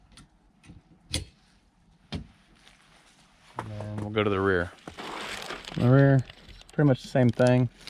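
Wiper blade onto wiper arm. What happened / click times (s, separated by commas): The wiper blade snapped onto the wiper arm / 1.1 s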